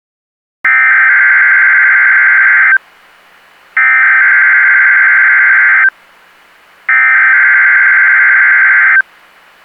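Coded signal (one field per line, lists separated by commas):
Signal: Emergency Alert System (SAME) tones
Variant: header bursts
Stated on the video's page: NOAA Weather Radio required weekly test from Toledo station on 162.500 MHz, transmitter in Holland, Ohio, recorded directly from a Uniden Bearcat BC355N scanner.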